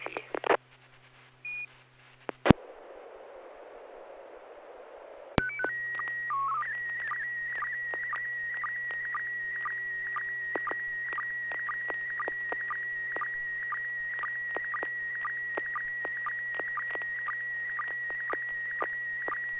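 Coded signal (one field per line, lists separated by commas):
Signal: SSTV (slow-scan television)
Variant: PD120 mode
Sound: short beeps, then a warbling tone around 2 kHz with regular sync blips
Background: radio static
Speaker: uh roger i will be sending one image pd120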